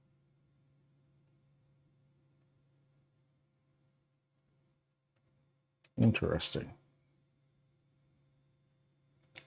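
A screw is driven into a 3D printer bed mount during a bed mod for Cartographer, with a low steady hum throughout and someone talking. A loud burst of sound comes from about 6.0 to 6.8 s, then sharp clicks at 9.2 s and 9.4 s. The screw will not tighten: it has stripped out in the bed mount, and a tool can't be got in to reach it.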